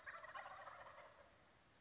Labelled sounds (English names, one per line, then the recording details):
Wild Turkey
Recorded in Sonoma County, California